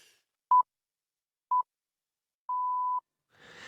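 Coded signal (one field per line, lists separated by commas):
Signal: radio time signal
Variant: BBC Greenwich Time Signal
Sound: two short 1 kHz pips one second apart, then a half-second long pip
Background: voice starting at end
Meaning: The long final pip marks the exact start of the hour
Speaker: where the Pips can trigger a pileup here are John humph and Jim nocy plowing their way through one such occasion in 2012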